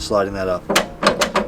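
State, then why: Seated. Someone talks while sliding up the metal stabilizer leg of a 2021 Grand Design Imagine travel trailer, collapsing it into its telescoping leg housing to shorten it, as needed when parked on a hill. A quick series of ratchet clicks follows at 1.1, 1.2 and 1.4 seconds as the leg locks into place.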